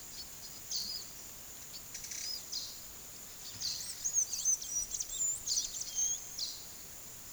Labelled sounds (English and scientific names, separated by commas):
Gray-capped Flycatcher (Myiozetetes granadensis), Blue-gray Tanager (Thraupis episcopus)